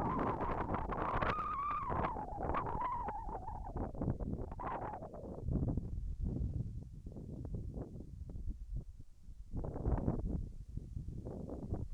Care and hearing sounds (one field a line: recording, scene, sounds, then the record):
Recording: everyday scene through a hearing-aid microphone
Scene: wind on the microphone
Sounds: wind, whistling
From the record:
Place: in front of a rural house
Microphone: behind the ear, left, rear